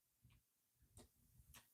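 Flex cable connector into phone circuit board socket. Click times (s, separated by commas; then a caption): 1.0 s. During cellphone reassembly, a small flex-cable connector is pressed back onto its circuit board socket. A short, sharp click sounds at 0.9 s, along with a few fainter ticks before and after. The click confirms the connector is seated.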